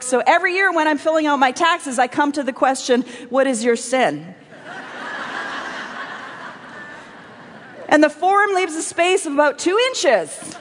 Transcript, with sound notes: So every year when I’m filling out my taxes I come to the question, “What is your SIN?” (laughter) And the form leaves a space of about two inches!